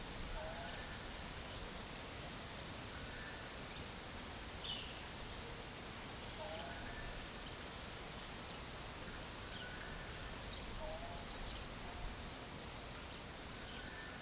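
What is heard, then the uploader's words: Midday in a dry forest in Nosara, Guanacaste, under a steady, dense hiss that stays level throughout. A continuous high insect-like whine runs across the top, and brief high bird chirps and short whistles appear scattered, mostly between six and twelve seconds. Costa Rican Dry forest. Around midday in a dry forest in Nosara, Guanacaste.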